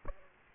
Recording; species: mosquito wingbeat signal from an infrared sensor; Aedes aegypti